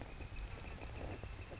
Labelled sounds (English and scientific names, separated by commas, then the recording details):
Northern Flicker (Colaptes auratus)
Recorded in Sonoma County, California